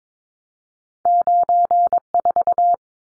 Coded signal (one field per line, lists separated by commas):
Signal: Morse code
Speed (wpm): 22 wpm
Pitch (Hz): 700 Hz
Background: none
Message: 94